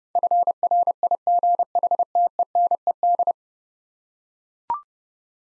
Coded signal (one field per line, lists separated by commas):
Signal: Morse code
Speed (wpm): 32 wpm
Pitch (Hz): 700 Hz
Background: none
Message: FRIGHTENED